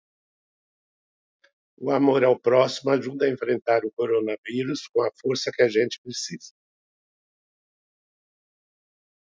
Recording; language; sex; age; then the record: spoken sentence; Brazilian Portuguese; male; 70 to 79 years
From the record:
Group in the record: control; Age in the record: 70 years